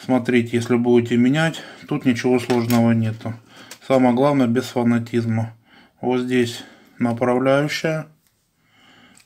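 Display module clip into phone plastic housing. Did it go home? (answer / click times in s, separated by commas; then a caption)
yes / 9.2 s. Someone talks while the display module of an old Nokia 3650 phone is guided along its rail and pressed into the plastic housing. The display module clip snaps home with a short click at 9.2 s, and the module is seated.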